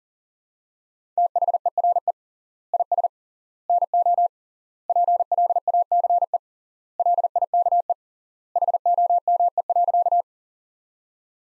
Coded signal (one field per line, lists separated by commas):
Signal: Morse code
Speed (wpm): 40 wpm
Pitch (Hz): 700 Hz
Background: none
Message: THERE IS NO PLACE LIKE HOME.